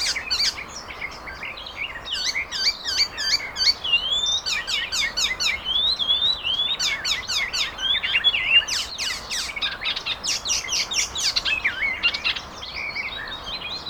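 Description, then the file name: Icterine warbler song: a fast, unbroken stream of varied whistles, chattering notes and harsh buzzy phrases, delivered continuously throughout with only faint background noise. Recorded in Garching on 16 May 2013. "Gelbspoetter. Garching. Daniel Honold"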